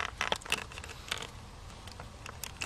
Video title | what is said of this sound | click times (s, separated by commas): How to Change a Blower Motor Resistor in a Nissan Maxima | So it clicks. We feel it click. | 0.3 s